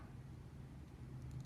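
A plastic head cap is being pressed back onto an action figure's head after a bearded face has been swapped onto it. Low, steady handling rumble is heard, with a small, faint tick near 1.4 seconds. Nothing has seated or clicked yet.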